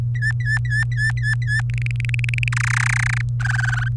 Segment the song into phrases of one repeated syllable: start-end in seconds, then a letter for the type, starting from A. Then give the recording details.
0.15-1.61 A, 1.70-2.48 B, 2.52-3.21 C, 3.40-3.88 D. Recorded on 23 April 2018 at 17:41. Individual llb3